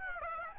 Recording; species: mosquito wingbeat signal from an infrared sensor; Aedes aegypti